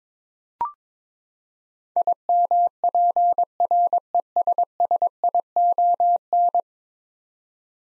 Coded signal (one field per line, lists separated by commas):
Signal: Morse code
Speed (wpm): 21 wpm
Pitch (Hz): 700 Hz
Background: none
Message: IMPRESSION